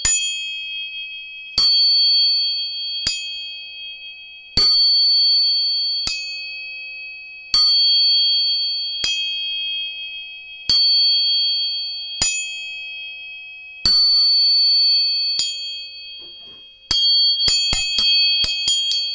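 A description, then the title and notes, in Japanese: Tuning forks are struck about every one and a half seconds, each tap giving a sharp metallic click followed by clear, high, steady ringing tones that fade slowly. Near the end, several quick strikes come in rapid succession. 音叉チューニング3本。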